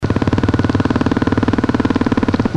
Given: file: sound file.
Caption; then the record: Sample of a train of a Pulse 1 song.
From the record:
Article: Phenotypic differentiation in love song traits among sibling species of the Lutzomyia longipalpis complex in Brazil